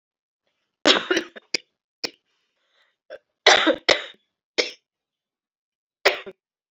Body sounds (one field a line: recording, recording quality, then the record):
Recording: shallow voluntary cough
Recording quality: excellent, no background noise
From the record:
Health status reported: COVID-19 positive, mild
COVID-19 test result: positive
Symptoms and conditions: cough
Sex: female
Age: 54 years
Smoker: not ticked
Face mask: not worn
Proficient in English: yes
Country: India